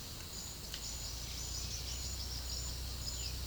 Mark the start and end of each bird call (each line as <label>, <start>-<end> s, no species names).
bird call, 0.00-3.46 s